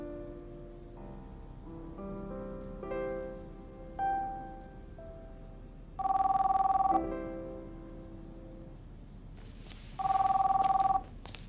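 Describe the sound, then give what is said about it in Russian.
A telephone in the Skvortsovs' apartment rings in two loud, steady bursts, each about a second long and separated by a pause of a few seconds, after a soft run of melodic tones; Pavel's wife then picks up the receiver. “Жена Павла берет трубку.”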